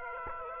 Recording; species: mosquito wingbeat signal from an infrared sensor; Aedes aegypti